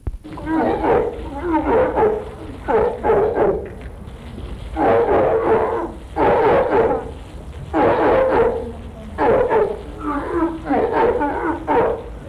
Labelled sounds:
Walrus call
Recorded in captivity
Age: subadult
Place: Zoo Hannover, Niedersachsen, DE
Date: 1961-08-07 18:25
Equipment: Minifon, Kopie Smaragd
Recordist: Tembrock, Günter

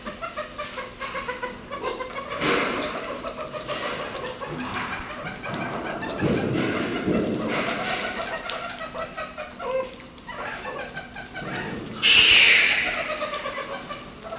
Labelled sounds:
Meerkat call
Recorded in captivity
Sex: diverse
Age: diverse
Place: Zoo Prag, CZ
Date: 1967-09-14 12:00
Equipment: Uher 4000 Report-S, Transistorverstärker II, Sennheiser MD 421
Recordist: Tembrock, Günter

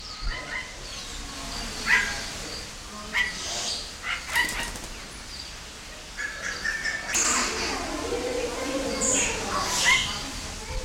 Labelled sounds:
Golden Myna call
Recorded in captivity
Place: Zoo Berlin, Berlin, DE
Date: 1992-10-24 12:00
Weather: bedeckt, 4-6°C
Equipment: Marantz CP 430, Sennheiser ME 80, Kopie Tesla B 116
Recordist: Tembrock, Günter
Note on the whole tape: 2 Tiere, Kurzlaute

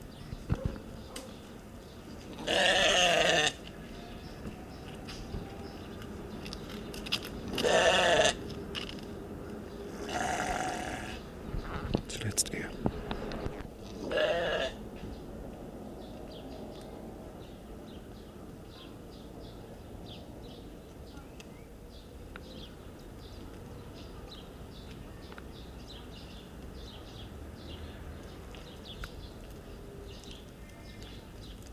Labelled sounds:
Argali call
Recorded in captivity
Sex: pair
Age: adult
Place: Zoo Halle, Sachsen-Anhalt, DE
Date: 1969-07-05 09:00
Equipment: Uher 4200 Report Stereo, Sennheiser MD 421
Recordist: Tembrock, Günter

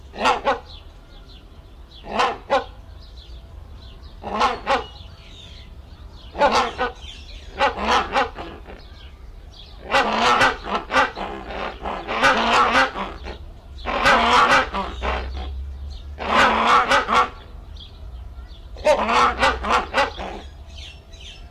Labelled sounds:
Great Hornbill call
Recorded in captivity
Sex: pair
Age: adult
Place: Zoo Berlin, Berlin, DE
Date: 1994-05-07 11:56
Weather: heiter, 12-18°C
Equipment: Marantz CP 430, Sennheiser ME 80, Kopie Uher Variocord 263
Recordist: Tembrock, Günter

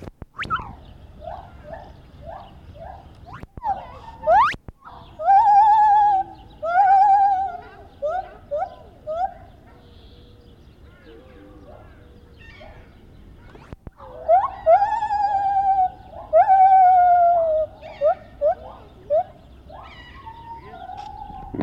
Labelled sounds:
Lar Gibbon
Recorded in captivity
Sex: pair
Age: adult
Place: Tierpark Berlin, Berlin, DE
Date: 1973-03-10
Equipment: Uher 4200 Report Stereo, Verstärker I, Sennheiser MD 421
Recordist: Tembrock, Günter

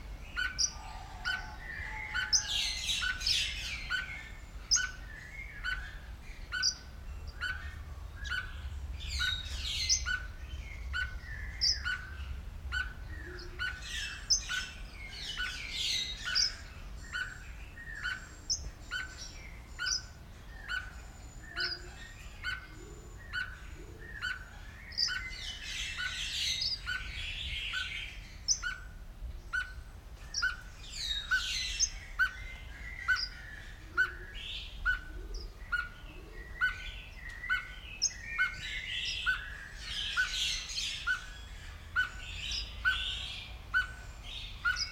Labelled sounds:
Orange-breasted Waxbill
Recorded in captivity
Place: Zoo Berlin, Berlin, DE
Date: 1994-01-14 10:56
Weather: -1°C, heiter
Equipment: Marantz CP 430, Sennheiser ME 80, Kopie Uher Variocord 263
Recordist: Tembrock, Günter

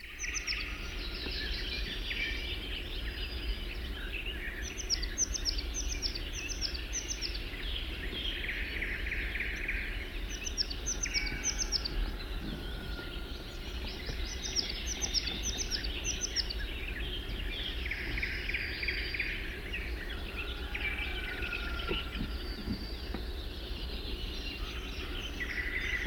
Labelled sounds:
European Crested Tit song
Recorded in the wild
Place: Schaabe, Insel Rügen, Mecklenburg-Vorpommern, DE
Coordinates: 54.57, 13.45
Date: 1969-05-22
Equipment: NAGRA III BH, Sennheiser MD21 mit Reflektor (d=75 cm, Glasfiber) und Stativ
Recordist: Schubert, Michael
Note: Nähe Forsthaus Gelm: Gesang Haubenmeise

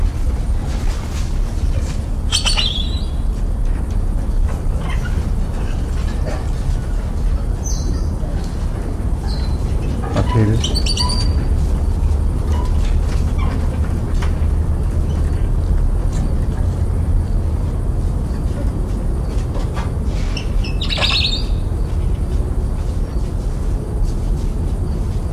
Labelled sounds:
Black-handed Spider Monkey call
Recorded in captivity
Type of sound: call sequence
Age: adult
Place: Tiergarten Schönbrunn, AT
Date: 1990-08-28 20:25
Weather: fair, 23°C
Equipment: Marantz CP 430, Sennheiser ME 80, Kopie Uher Variocord
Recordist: Tembrock, Günter
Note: Geoffroy-Klammeraffe: Rufreihen

